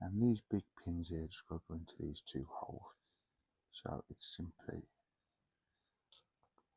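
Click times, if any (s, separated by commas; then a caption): 6.1 s. Someone talks while pressing two plastic alternator halves, parts 13K and 13L, together for a scale Toyota Supra model car engine, with the large pins on one half going into two holes on the other. After a quiet pause, a small, sharp click is heard at 6.2 s as the halves snap together and seat.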